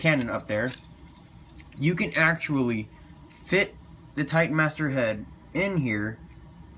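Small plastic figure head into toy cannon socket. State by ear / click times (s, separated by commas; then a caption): not seated / none. Someone talks while handling a Transformers Titans Return Deluxe Scourge and Fracas toy, bringing a small plastic Titan Master head up to a slot on the extended cannon of the partner figure in head mode. Apart from a faint brief tick near 1.6 s, only speech is heard over a quiet background. The head has not seated or clicked into the cannon socket yet.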